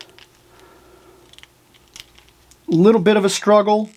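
A plastic armour or accessory piece is worked onto an action figure by hand, with soft plastic taps and small clicks of handling as it is lined up, and someone talks near the end. Nothing has seated or clicked into place yet, and the placement is still not right.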